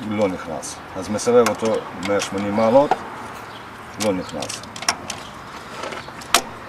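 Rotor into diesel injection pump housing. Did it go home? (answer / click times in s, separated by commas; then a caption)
yes / 6.3 s. A rotor is turned 180 degrees and pushed into a metal diesel injection pump housing while someone talks, with a few small knocks around 4.8–5.1 seconds. At 6.4 seconds it drops into place with a firm clunk, and the rotor is seated.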